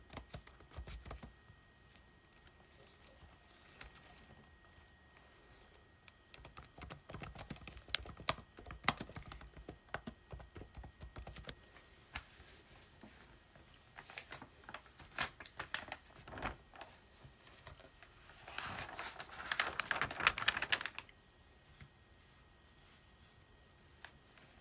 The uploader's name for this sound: Flipping Pages and Typing on Keyboard